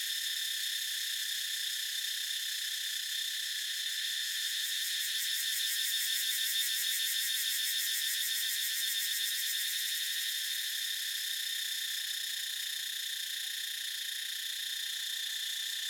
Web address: justsoundeffects - Crickets and Cicadas JSE Cicada Ambience Morning Jungle Thailand 02